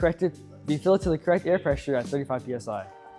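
A tire is being inflated on a tire changer toward 35 PSI so its rubber beads seat onto the metal wheel rim, while someone talks throughout. No bead has popped or seated onto the rim yet in this clip.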